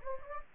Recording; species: mosquito wingbeat signal from an infrared sensor; Anopheles gambiae